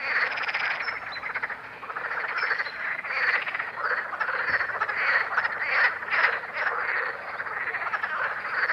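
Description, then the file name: Green frog croaking in a dense chorus: overlapping rattling, nasal croaks that rise and fall in waves without pause. "Grenouille verte"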